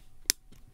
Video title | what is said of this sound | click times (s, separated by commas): Google Pixel 7 / 7 Pro - Spigen Case Lineup | you hear that snap | 0.3 s